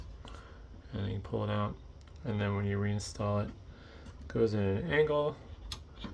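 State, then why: Seated. A new CR2032 CMOS coin cell battery is inserted at an angle into the motherboard battery holder of a Dell Optiplex 9020 SFF small form factor desktop, then pushed down until the retaining tab clicks over it. Someone talks throughout, and a short, sharp click at 5.7 s marks the battery seating in its holder.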